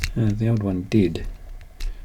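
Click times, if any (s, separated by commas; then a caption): none. Someone talks while a moving part on a die-cast toy helicopter is pressed into place, followed by a couple of faint ticks near the end. The part does not click into place and sits a bit funky; nothing has seated or clicked yet.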